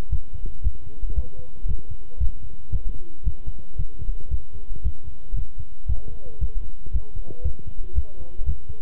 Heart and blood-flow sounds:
heart sounds by stethoscope; between the tricuspid and mitral areas; 115 bpm
0.11 s: heartbeat
0.64 s: heartbeat
1.16 s: heartbeat
1.68 s: heartbeat
2.20 s: heartbeat
2.72 s: heartbeat
3.25 s: heartbeat
3.78 s: heartbeat
4.31 s: heartbeat
4.84 s: heartbeat
5.36 s: heartbeat
5.88 s: heartbeat
6.41 s: heartbeat
6.93 s: heartbeat
7.44 s: heartbeat
7.95 s: heartbeat
8.46 s: heartbeat
From the record:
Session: walking at 3.7 km/h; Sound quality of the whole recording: good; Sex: male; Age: 25 years

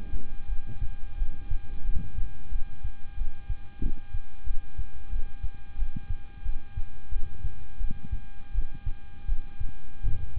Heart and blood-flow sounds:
heart sounds by stethoscope; between the tricuspid and mitral areas; 88 bpm
0.46 s: heartbeat
1.16 s: heartbeat
1.83 s: heartbeat
2.49 s: heartbeat
3.15 s: heartbeat
3.80 s: heartbeat
4.44 s: heartbeat
5.09 s: heartbeat
5.76 s: heartbeat
6.43 s: heartbeat
7.09 s: heartbeat
7.78 s: heartbeat
8.52 s: heartbeat
9.26 s: heartbeat
10.01 s: heartbeat
From the record:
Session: rest, lying down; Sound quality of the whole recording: good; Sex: male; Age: 26 years

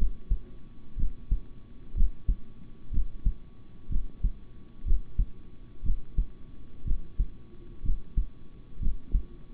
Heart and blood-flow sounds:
heart sounds by stethoscope; between the tricuspid and mitral areas; 61 bpm
0.96 s: heartbeat
1.94 s: heartbeat
2.91 s: heartbeat
3.89 s: heartbeat
4.84 s: heartbeat
5.83 s: heartbeat
6.84 s: heartbeat
7.82 s: heartbeat
8.79 s: heartbeat
From the record:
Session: rest, sitting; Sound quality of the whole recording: good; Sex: male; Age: 26 years

